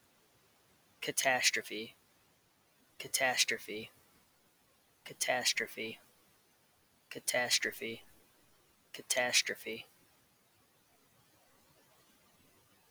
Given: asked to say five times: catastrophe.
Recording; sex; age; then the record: repeated word; male; 30 to 39 years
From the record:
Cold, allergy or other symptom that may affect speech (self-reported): no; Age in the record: 37 years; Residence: Wisconsin, United States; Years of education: 16